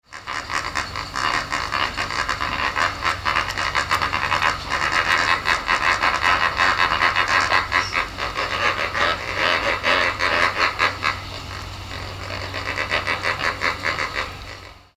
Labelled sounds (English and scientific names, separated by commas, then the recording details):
Lesser Flamingo (Phoeniconaias minor)
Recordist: Tembrock, Günter
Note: Kurzlaute